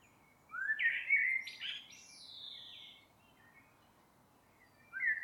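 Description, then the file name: Common blackbird song: one full phrase of fluty whistled notes rising, then thin high squeaky notes, then the start of the next phrase. "Turdus merula"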